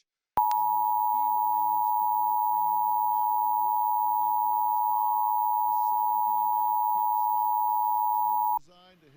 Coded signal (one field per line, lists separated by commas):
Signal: Emergency Alert System (SAME) tones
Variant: 853 and 960 Hz attention tone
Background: speech